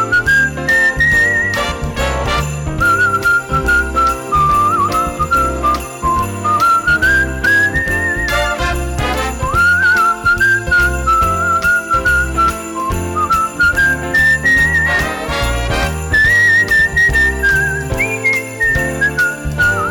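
A bright whistled Christmas melody glides up and down over a steady jingling of sleigh bells and a bouncy, full band accompaniment, loud and continuous throughout.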